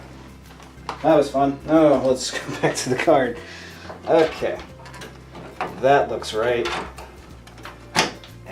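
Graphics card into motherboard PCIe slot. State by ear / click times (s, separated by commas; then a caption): seated / 8.0 s. Someone talks while a graphics card is pressed down into a motherboard PCIe slot. The slot's retention latch gives a sharp click at 8.0 s, and the card is seated.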